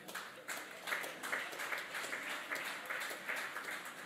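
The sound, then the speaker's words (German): Scattered, moderate applause from a small crowd, the claps dense but soft and uneven, holding a steady level for several seconds without swelling or cheering. “Verhaltener Applaus.”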